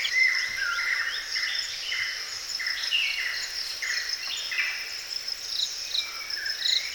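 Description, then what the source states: Birds giving many short down-slurred chirps and whistles overlapping throughout, with a steady high insect-like drone underneath. Birds recorded in a forest.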